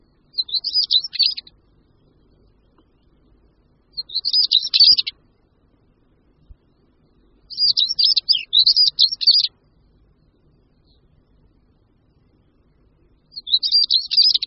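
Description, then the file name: European stonechat singing short, scratchy high-pitched phrases separated by silent pauses. "Bramborníček-černohlavý"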